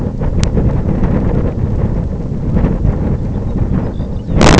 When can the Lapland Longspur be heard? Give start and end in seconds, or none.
3.21-4.47